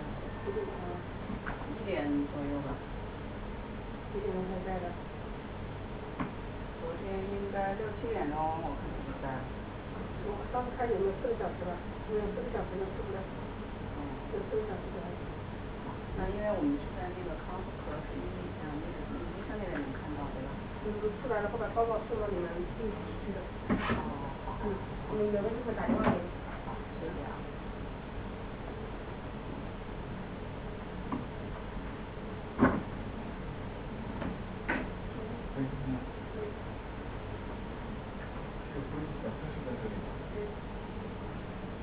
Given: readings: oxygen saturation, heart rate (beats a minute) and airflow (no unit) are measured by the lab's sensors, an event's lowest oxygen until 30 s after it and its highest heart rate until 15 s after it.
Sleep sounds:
a person awake in a sleep study, by a voice recorder at the bedside; none
0.00-41.83 s: awake
0.00-41.83 s: awake
From the record:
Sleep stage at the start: awake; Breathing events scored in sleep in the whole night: 210 in 6.9 hours asleep

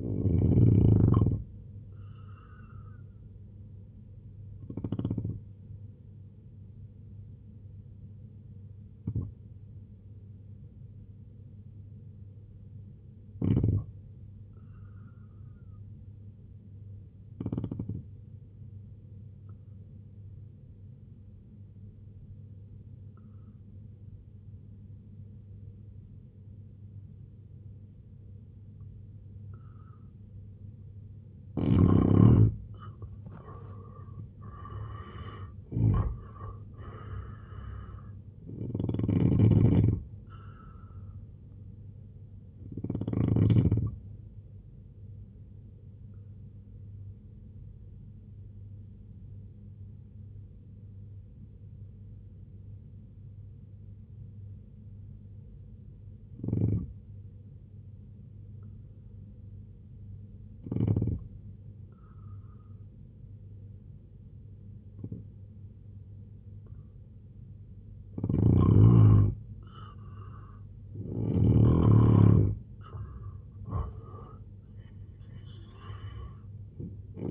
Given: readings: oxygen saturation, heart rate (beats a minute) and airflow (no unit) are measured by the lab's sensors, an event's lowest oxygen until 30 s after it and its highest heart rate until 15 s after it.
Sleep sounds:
breathing in sleep by a smartphone at the bedside; 2
7.00-34.50 s: hypopnea (N2, oxygen 92% highest, then 81% lowest, heart rate 67 at the start, 94 highest)
38.00-77.31 s: new sleep stage, N1 (lightest sleep)
44.00-70.40 s: hypopnea (N1, oxygen 94% highest, then 86% lowest, heart rate 73 at the start, 96 highest)
From the record:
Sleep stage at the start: N2 (light sleep); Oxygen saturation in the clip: 81 to 94%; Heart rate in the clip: 63 to 94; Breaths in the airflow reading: 12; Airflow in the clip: -9.1 to 7.9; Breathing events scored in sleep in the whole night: 258 in 7.4 hours asleep

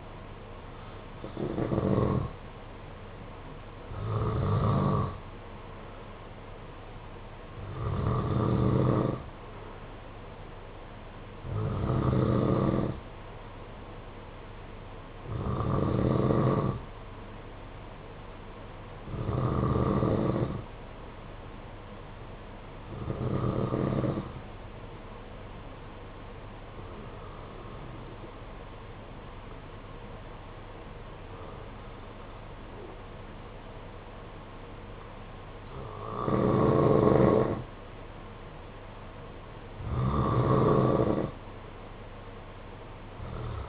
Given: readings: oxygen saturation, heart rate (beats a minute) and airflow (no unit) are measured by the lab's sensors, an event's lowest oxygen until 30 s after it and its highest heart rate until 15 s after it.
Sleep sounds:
breathing in sleep by a voice recorder at the bedside; 1
17.00-43.69 s: new sleep stage, N1 (lightest sleep)
22.00-38.90 s: hypopnea (N1, oxygen 94% highest, then 89% lowest, heart rate 54 at the start, 80 highest)
From the record:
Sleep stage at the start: N2 (light sleep); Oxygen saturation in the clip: 92 to 94%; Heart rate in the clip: 49 to 57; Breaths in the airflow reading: 10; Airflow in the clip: -9.0 to 6.8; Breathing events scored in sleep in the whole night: 476 in 9.7 hours asleep

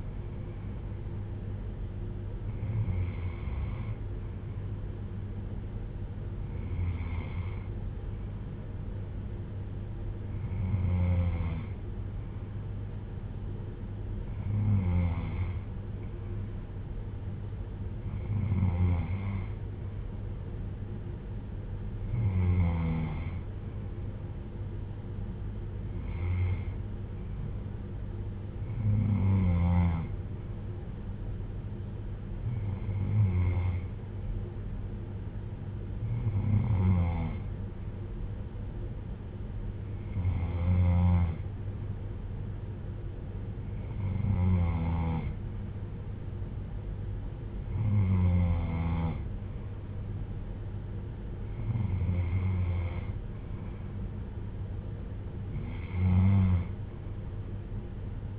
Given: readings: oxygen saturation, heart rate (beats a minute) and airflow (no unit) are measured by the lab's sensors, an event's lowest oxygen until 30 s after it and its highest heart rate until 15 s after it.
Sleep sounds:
breathing in sleep by a smartphone at the bedside; none
none scored
From the record:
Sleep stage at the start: N3 (deep sleep); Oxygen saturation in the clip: 94 to 95%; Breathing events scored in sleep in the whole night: 310 in 8.1 hours asleep

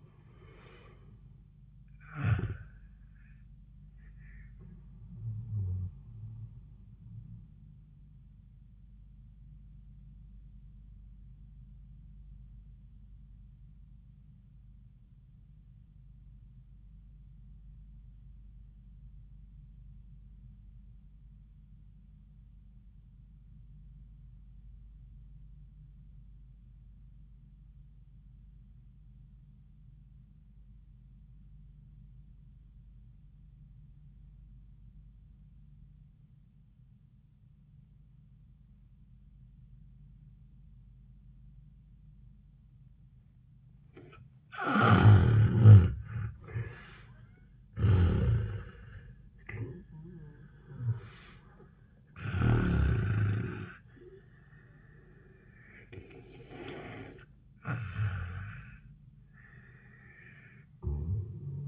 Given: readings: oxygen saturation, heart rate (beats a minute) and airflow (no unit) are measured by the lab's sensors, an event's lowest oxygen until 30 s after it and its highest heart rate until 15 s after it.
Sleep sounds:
breathing in sleep by a smartphone at the bedside; 1
12.00-45.00 s: obstructive apnea (N1, oxygen 94% highest, then 66% lowest, heart rate 67 at the start, 87 highest)
From the record:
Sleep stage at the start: N1 (lightest sleep); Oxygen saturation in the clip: 64 to 94%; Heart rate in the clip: 62 to 87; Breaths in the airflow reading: 4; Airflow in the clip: -28.8 to 13.2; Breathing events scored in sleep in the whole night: 400 in 8.7 hours asleep

